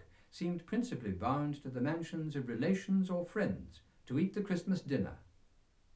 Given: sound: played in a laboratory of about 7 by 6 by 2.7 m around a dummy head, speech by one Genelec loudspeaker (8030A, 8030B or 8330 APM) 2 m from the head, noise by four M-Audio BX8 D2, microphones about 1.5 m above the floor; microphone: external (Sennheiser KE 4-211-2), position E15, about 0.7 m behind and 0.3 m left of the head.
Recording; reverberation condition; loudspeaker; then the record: male speech in English; low; 60 degrees to the right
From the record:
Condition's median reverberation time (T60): about 310 ms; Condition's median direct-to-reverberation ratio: about 3.5 dB